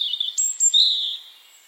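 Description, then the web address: European robin song fragment: thin, high wavering whistles with brief sharp notes, fading out. "Deverinetal 2025 File origin Bird Only Er Ru"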